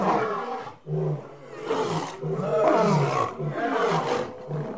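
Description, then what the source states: Big cat giving continuous growling roars, rough and throaty, rising and falling in waves with only a short gap near the first second. Big cat house.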